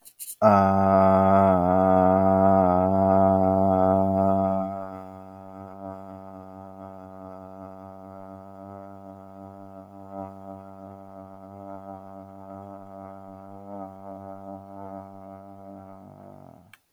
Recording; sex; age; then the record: vowel held as long as possible; male; 20 to 29 years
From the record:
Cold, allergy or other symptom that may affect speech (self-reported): no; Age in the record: 25 years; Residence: California, United States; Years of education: 17